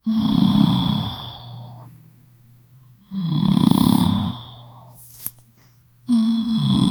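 Loud, rattling snores on each inhalation, about 20 per minute, with quiet exhalations between, from a sleeping girl.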